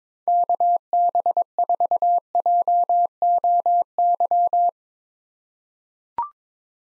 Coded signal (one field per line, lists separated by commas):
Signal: Morse code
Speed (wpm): 21 wpm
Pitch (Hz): 700 Hz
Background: none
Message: KB4JOY